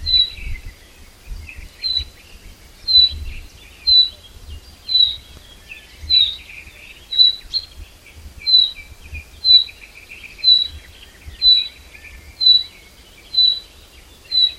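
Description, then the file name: Common chaffinch repeating a brief, piercing call note roughly every second, with quieter bird chirps and low background noise. "Fringilla coelebs"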